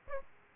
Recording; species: mosquito wingbeat signal from an infrared sensor; Aedes aegypti